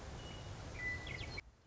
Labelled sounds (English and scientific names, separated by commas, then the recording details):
Western Meadowlark (Sturnella neglecta)
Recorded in Sonoma County, California